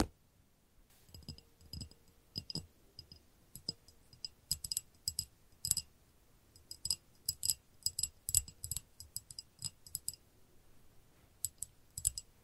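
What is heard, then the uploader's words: Irresistible ASMR tapping: irregular clusters of crisp, bright clicks and taps with soft low thuds, pausing briefly between bursts over a quiet background. ASMR Irresistible Tapping. No Talking.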